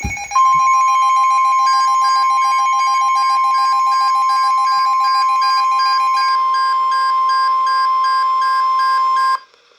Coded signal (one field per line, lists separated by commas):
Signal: Emergency Alert System (SAME) tones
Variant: 1050 Hz attention tone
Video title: (EAS) Severe Thunderstorm Warning